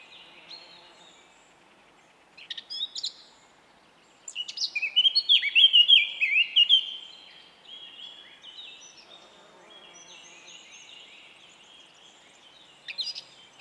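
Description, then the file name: Eurasian blackcap song, softer at first, then a loud burst of tumbling warbled and whistled notes, followed by quieter twittering. "Sylvia atricapilla"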